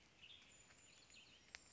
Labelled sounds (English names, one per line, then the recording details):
Western Tanager
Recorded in Sonoma County, California